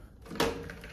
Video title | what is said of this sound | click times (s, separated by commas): Aspiron 23Kpa 250W Cordless Stick Vacuum | click in place | 0.4 s